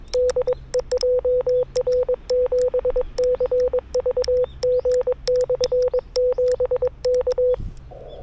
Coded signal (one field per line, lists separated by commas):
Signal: Morse code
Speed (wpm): 22 wpm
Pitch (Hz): 500 Hz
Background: none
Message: DE JR7CVG/7 K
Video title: 久しぶりの移動運用 なんとかPOTA成功 / A Rough POTA Activation｜FTX-1F 5W + RHM12｜POTA at Sanriku Fukko National Park